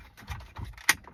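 A wiring harness connector is pushed into the infotainment module of a 2015 Ford F150 during a Sync 2 to Sync 3 swap. After low rustling and handling noise, a sharp, bright click lands at 0.9 s as the second connector seats, counting as the second click.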